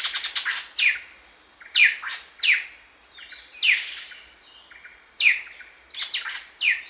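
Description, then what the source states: Greater racket-tailed drongo calls: a quick run of clipped notes, then several loud downward-sweeping notes, with softer tones between them. Recorded at Danum on 1 January 2008.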